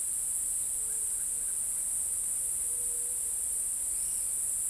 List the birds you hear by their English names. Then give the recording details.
none. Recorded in forest near Pivijay, Magdalena, Colombia, on 5 June 2023 at 14:30. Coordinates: 10.467, -74.380. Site Z5-G034